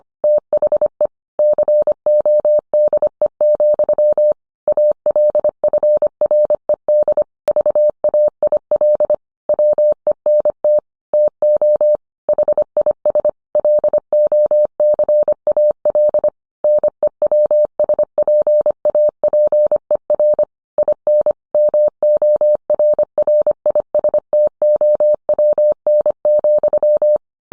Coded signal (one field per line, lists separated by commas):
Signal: Morse code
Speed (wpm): 25 wpm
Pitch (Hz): 600 Hz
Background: none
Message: THE CODE, ALFRED VAIL WENT TO HIS LOCAL NEWSPAPER IN MORRISTOWN,